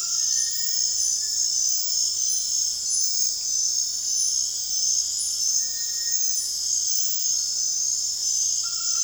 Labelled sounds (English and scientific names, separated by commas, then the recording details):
Cinereous Tinamou (Crypturellus cinereus)
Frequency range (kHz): Cinereous Tinamou (Crypturellus cinereus) 1.3-2.4 kHz
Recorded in dense forest near Puerto Asís, Putumayo, Colombia, on 25 June 2025 at 21:30
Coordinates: 0.468, -76.322
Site GP03